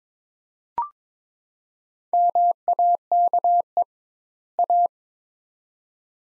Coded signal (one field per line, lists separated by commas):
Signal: Morse code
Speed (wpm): 21 wpm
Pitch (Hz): 700 Hz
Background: none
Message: MAKE A